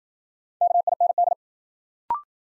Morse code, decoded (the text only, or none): KIND